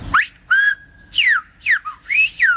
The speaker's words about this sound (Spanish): Estamos aquí en San Sebastián, en la Torre del Conde, y venimos a hacer una exhibición de silbo.